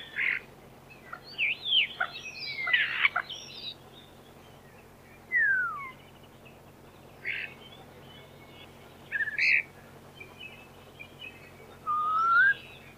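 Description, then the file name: Common starling song: a varied run of whistled notes, slurred falling whistles and short clicky bursts, separated by brief pauses. "skvoretz"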